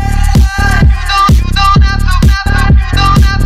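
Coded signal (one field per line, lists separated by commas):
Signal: none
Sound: beeps in house music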